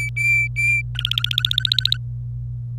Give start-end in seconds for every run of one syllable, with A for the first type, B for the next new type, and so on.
0.00-0.81 A, 0.95-1.97 B